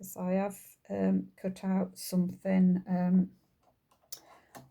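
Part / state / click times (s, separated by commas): blade housing into a cutting machine tool holder / seated / 4.1 s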